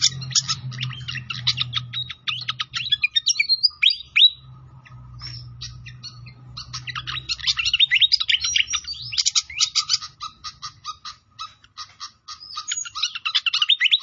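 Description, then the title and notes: Pied fantail song: long runs of rapid staccato chirps and squeaky whistles, a brief lull in the middle, then dense chattering resumes strongly. Masteran training recording of a clear-voiced bird, mixed with the sound of trickling flowing water. "Masteran Sikatan Kipas Suara Jernih Dan Suara Gemericik Air. Suara Burung Sikatan Londo"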